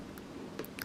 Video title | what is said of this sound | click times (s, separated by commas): Make Miniverse Minecraft Weapons with Me!! Diamond Sword & Crossbow | See, that one wasn't working. So, if you try that one, then it snaps right in. | 0.8 s